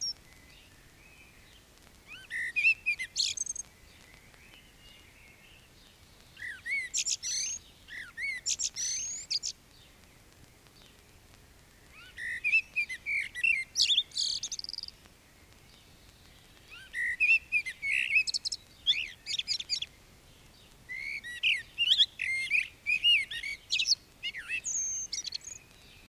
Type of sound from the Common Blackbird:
song